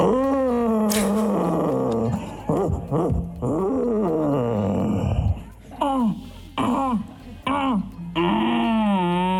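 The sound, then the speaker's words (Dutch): Contestants at a Dutch championship in red deer imitation take turns imitating a red deer's bellow, producing a series of long, loud, groaning roars that swoop and waver in pitch, separated by brief pauses. “Oftewel, wie kan als beste een edelhert nadoen?”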